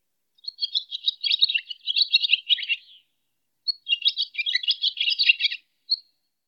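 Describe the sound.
Swallow twittering: two bursts of fast, scratchy, chattering notes, the first about two and a half seconds long and the second about two seconds, separated by a short pause, then a single brief note.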